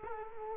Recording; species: mosquito wingbeat signal from an infrared sensor; Culex quinquefasciatus